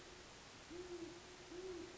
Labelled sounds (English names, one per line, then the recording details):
Great Horned Owl
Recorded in Sonoma County, California